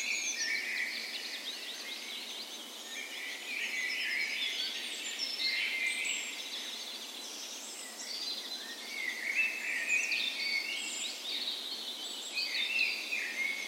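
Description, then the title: Birds in a dawn chorus, overlapping warbles, chips and whistles from several singers forming a dense unbroken wash of song. Dawn chorus in a park west in Bergen, Norway, morning of 17 May, Norway's National Day, in spring; recorded with Sony PCM A10 and LOM Usi microphones as tree ears. "17th Of May Dawn Chorus"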